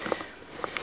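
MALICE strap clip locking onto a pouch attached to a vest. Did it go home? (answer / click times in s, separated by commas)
yes / 0.6 s, 0.8 s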